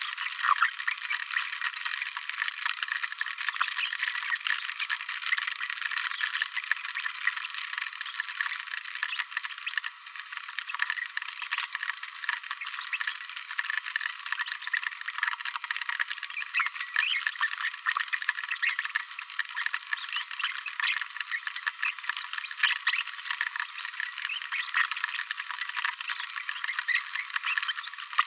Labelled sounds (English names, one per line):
Green-rumped Parrotlet babbling